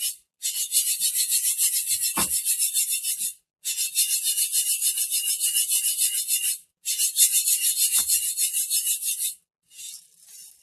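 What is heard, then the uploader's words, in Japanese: Tidying around the kitchen: three bright, fluttering hiss bursts of about three seconds each, split by brief gaps, with soft clunks near two and eight seconds. キッチン周りのお片付け。Sujataはお話はいたしません。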